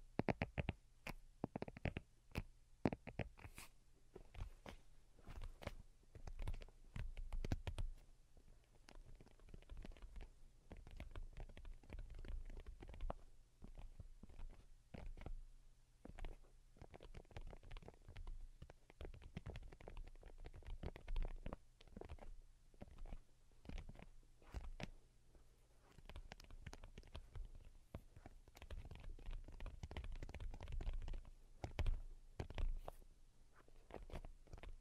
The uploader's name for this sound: Most Delicate and Calming Tapping